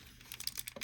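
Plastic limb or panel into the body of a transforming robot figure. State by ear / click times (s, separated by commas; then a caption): not seated / none. A plastic limb or panel is worked against the body of a Transformers Combiner Wars Onslaught combiner robot figure during transformation, heard as faint, crinkly plastic rustles and small scraping ticks that grow a little busier after about 0.3 s. Nothing has seated or clicked into place yet.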